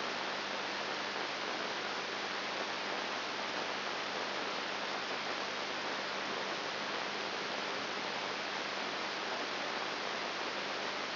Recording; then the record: brain microelectrode recording played as sound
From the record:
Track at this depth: inside the subthalamic nucleus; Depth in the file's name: 0.508 mm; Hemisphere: left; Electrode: 3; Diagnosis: Parkinson's disease